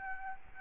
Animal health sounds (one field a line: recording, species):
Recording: mosquito wingbeat signal from an infrared sensor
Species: Aedes albopictus